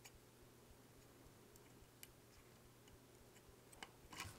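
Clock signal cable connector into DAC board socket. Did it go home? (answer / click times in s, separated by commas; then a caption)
yes / 3.8 s. A small coaxial clock cable from the master clock output of the FIFO board is pushed into its board-mounted socket on the DAC. Faint ticks sound over a low steady hum, then the connector seats with a crisp click at 3.8 seconds, followed by a brief rustle of handling.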